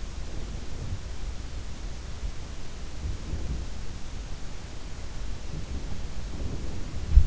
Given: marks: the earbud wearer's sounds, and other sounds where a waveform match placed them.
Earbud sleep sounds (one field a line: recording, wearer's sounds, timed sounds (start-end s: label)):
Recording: sounds in sleep by an in-ear microphone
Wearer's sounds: breath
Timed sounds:
0.17-1.13 s: breath
2.72-3.95 s: breath
6.25-7.22 s: breath